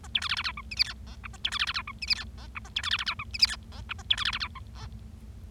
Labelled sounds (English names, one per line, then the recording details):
Bengalese Finch song
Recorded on 25 March 2012 at 16:41
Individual gy6or6